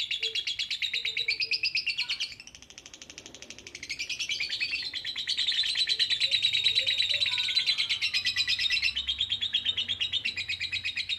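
Lovebird chattering: a dense stream of rapid, shrill, high chirps that dip in volume near the third second, then resume continuously with steady pulsing.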